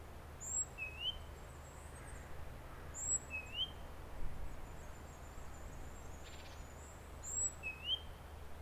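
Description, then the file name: Great tit repeating a high-then-low two-note whistle a few times, with gaps between phrases and a constant low hum behind. "Parus major"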